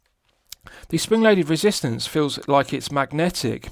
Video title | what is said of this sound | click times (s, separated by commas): Haofa 80 Hours Power Mechanical Watch 1913 4K Watch Review | it snaps shut with a nice positive click and the other half of it also snapshots | 0.5 s, 0.7 s